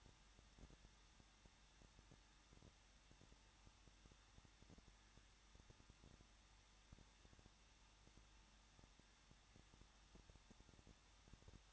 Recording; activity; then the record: daily activity, microphone in the room; no activity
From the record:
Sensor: 3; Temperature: 21.2 degrees Celsius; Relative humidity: 36.2%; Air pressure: 1006.4 hPa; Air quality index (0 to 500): 221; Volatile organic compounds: 39 ppm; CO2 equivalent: 3139 ppm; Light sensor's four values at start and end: 2/3/2/2 and 2/3/2/2